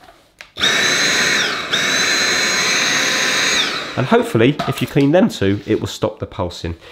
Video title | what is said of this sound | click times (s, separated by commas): How to clean the Hidden filter on a Dyson V7 vacuum cleaner. Cleaning the 2nd filter on the V7. | we're just going to push it in and it all clicks back into place | 0.4 s